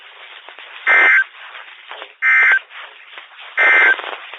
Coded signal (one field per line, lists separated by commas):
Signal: Emergency Alert System (SAME) tones